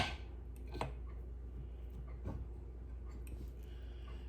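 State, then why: Seated. During an upgrade and re-greasing of a KitchenAid Pro 500 stand mixer, a small retaining pin is fitted into the gearbox shaft assembly after the shaft is raised. Over a steady low hum, a sharp click at 0.8 s marks the pin locking into place, with fainter ticks around 0.6 s and 3.3 s. The pin is seated and locked.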